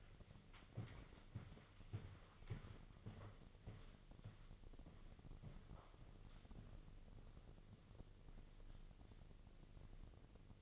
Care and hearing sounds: daily activity, microphone in the room; walk to room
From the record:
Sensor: 4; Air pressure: 1000.3 hPa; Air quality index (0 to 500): 208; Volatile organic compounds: 20 ppm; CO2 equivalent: 2690 ppm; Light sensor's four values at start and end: 9/20/8/8 and 9/21/8/8

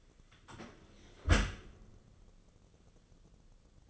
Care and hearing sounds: daily activity, microphone in the room; close dishwasher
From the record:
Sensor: 4

